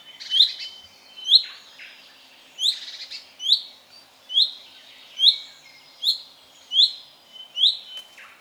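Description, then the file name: Common chaffinch calling: clear, bright single notes repeated steadily a little more than once a second, with faint soft chatter underneath. "Fringilla coelebs"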